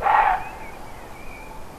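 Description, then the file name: Roe deer giving one short, harsh bark that cuts off quickly, over a soft background hiss. Recorded 5 May 2011 on an MZ-N710 recorder. "chevreuil 5 05 11"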